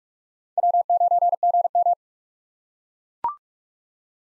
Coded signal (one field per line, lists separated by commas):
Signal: Morse code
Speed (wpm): 42 wpm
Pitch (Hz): 700 Hz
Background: none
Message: W9GM